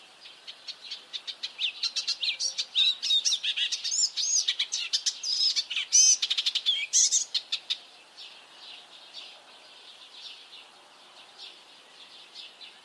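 Bird calls, fast high chirps and twitters for about eight seconds, then fading to softer twittering.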